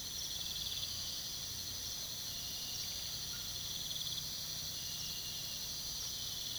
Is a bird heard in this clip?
no